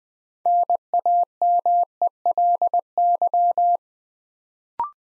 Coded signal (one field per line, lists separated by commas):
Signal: Morse code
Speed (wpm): 20 wpm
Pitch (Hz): 700 Hz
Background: none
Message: NAMELY